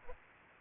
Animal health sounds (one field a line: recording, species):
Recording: mosquito wingbeat signal from an infrared sensor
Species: Aedes aegypti